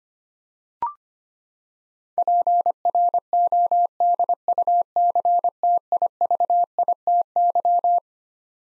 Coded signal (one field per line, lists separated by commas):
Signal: Morse code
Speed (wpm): 25 wpm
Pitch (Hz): 700 Hz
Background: none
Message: PRODUCTIVITY